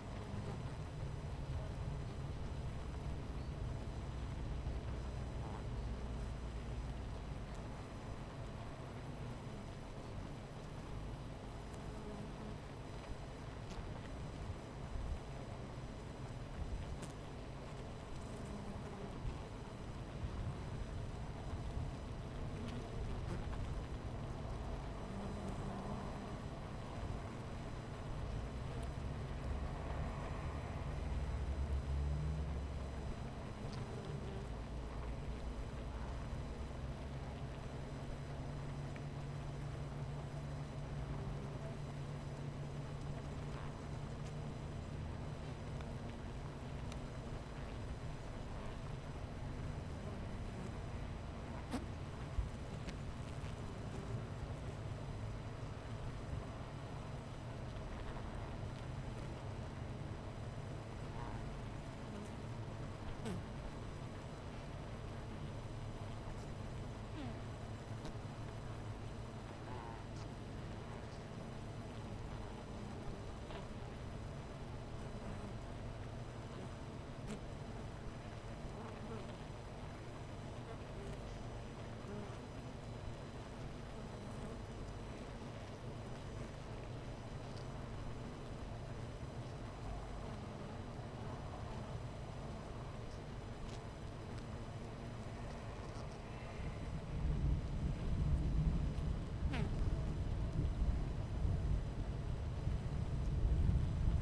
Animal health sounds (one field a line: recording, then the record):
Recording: honeybee colony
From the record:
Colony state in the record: missing queen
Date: 14 July 2017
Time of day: 10:55